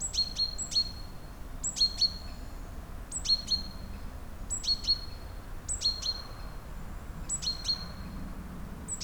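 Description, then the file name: Great tit calls: a high thin note dropping to paired clicky notes, phrases repeated roughly every one to one and a half seconds over a low background hum. "Parus major"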